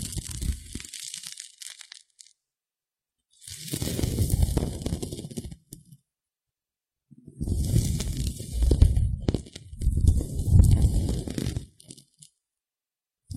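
Ear picking and ear massage produce bursts of low, muffled rubbing and crunching, with faint scratchy hiss above. Bursts come around 0–2, 3.5–5.5 and 7.5–11.5 seconds, separated by full silences, with small crackles and taps within each burst.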